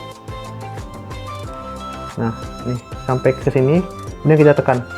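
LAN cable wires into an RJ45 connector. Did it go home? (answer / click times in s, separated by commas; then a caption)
no / none. LAN cable wires are lined up and slid into a clear plastic RJ45 connector, with the clip facing front, before the crimp is pressed. Music plays in the background while someone talks. Nothing has clicked or seated yet.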